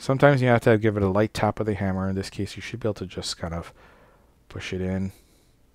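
A metal brake pad abutment clip on a Mazda CX-3 front caliper bracket is being handled, about to be pressed in by hand with a little force. Someone talks throughout, and nothing has seated or clicked yet.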